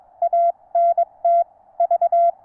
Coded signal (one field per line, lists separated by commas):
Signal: Morse code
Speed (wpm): 22 wpm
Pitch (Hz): 680 Hz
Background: none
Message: ANT V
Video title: NVIS Regional Radio Communications With Low-Slung Wire Antenna.